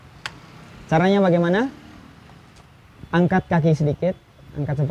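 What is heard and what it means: A cycling shoe cleat is twisted out of a clipless bicycle pedal's spring latch, and the metal/plastic cleat releases with a short, sharp click at 0.3 s. Someone then talks.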